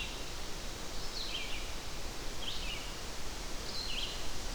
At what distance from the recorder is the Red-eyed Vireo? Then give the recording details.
about 45 m. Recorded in boreal forest in Alberta, Canada, on 12 June 2016 at 06:37. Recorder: SongMeter 3, array SBT-3-18. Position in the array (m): 237 m, 101 m